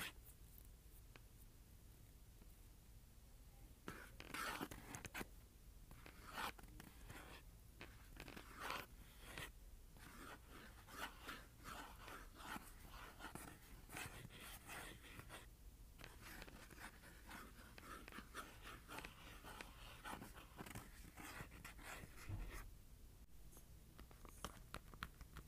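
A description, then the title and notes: Cardboard is scratched and tapped in an uneven, busy stream of dry rustles and short clicks, with clusters of sharper taps near 4 to 6 seconds and again around 16 and 22 seconds. A low, steady hum sits underneath throughout. ASMR Scratching and Tapping Cardboard.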